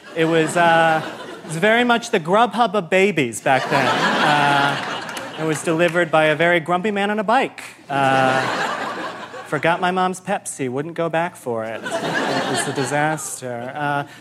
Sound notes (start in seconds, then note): 3.5 laughter; 8.0 laughter